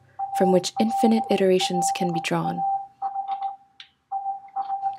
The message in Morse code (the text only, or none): ALLAH IS